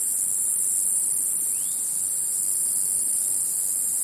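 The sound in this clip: Cicada song, an unbroken high hissing drone.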